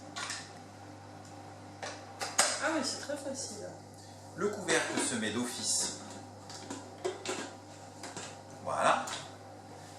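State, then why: Seated. A food processor's whisk accessory is pushed onto its small clip inside the bowl, and a sharp click at 2.4 s shows it has seated. Other clatters and knocks of the parts follow while someone talks. The Magimix Cook Expert is the machine, but the make should be mentioned only once: a Magimix Cook Expert food processor. A Magimix Cook Expert food processor's whisk accessory is pushed onto its small clip inside the bowl, and it clips in with a sharp click at 2.4 s. Someone talks, and more light knocks and clatters of the parts follow.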